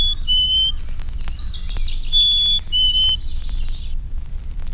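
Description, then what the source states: Black-capped Chickadee giving its pure whistled two-note song, a high note then a lower one, twice, over twittering from another bird. Notes lower pitched than those of the Carolina Chickadee; one black-cap often answers another in a different key.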